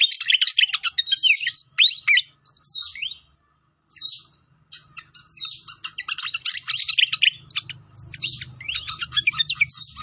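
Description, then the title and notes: Pied fantail singing in fast bursts of high, sharp chirps and short whistles, with brief pauses between phrases and a faint low rumble near the end. Masteran (training recording) with a clear voice. "Masteran Sikatan Kipas Suara Jernih Dan Suara Gemericik Air. Suara Burung Sikatan Londo"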